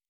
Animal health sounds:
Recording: hydrophone in a shrimp aquaculture tank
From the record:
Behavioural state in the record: normal

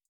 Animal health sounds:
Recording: hydrophone in a shrimp aquaculture tank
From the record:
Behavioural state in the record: feeding

